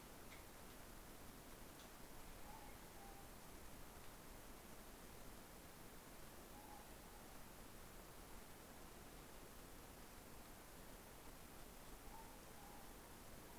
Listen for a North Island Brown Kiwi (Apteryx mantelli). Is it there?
no